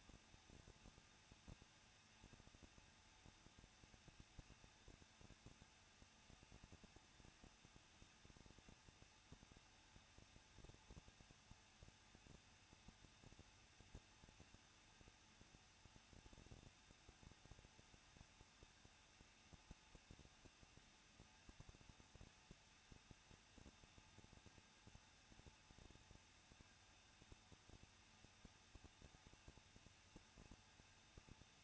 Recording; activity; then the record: daily activity, microphone in the room; no activity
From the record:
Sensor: 2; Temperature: 21.0 degrees Celsius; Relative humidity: 37.5%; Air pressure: 1006.2 hPa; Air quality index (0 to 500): 224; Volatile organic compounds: 25 ppm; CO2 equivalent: 2840 ppm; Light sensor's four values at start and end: 2/3/2/2 and 2/3/2/2